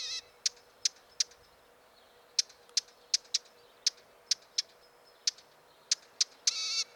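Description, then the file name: Eurasian blackcap calls: sharp, dry clicks repeated at uneven intervals, many in seven seconds, over a faint steady hum. "Sylvia atricapilla"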